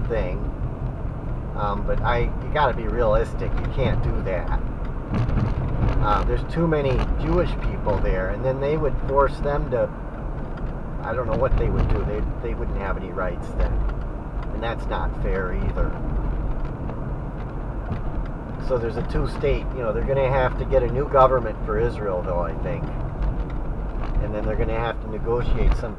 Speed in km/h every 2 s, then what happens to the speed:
53, 56, 60, 61, 61, 56, 56, 55, 58, 58, 60, 55, 52.
0-5 speeds up to 61. 5-20 steady at about 58. 20-26 slows to 52.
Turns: none.